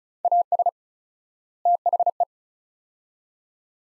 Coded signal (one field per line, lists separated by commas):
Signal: Morse code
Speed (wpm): 36 wpm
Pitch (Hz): 700 Hz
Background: none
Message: AS THE